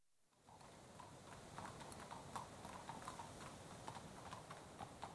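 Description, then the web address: Horse hoofbeats fading in from quiet, soft irregular clops on a hard surface under a steady rushing wind through trees. Two horses passing at a walk on a tarmac road, moving left to right, with some wind in trees. "BBC Horses Walking. two horses pass at walk on tarmac road, left to right, some wind in trees"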